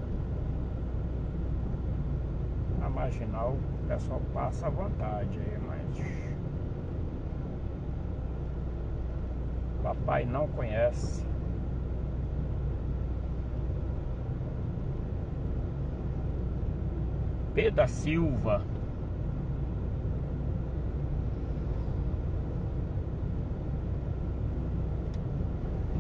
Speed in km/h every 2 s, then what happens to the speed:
34, 35, 38, 37, 36, 36, 36, 37, 34, 36, 36, 36, 37.
0-26 steady at about 36.